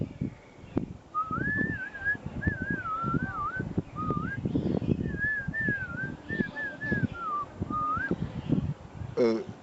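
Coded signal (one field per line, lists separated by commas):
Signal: whistled language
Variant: Diola (Jola)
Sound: melodic gliding whistled phrases rising and falling, with people talking underneath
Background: background chatter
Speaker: tu traduis ça veut dire euh celui qui fait là-bas ses besoins euh on voit les déchets qui viennent comme ça tomb qui tombent et il est en train de goûter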